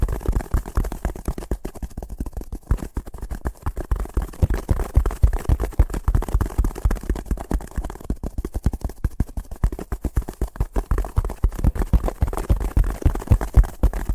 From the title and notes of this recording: ASMR Braingasm Inducing Fast Tapping (No Talking).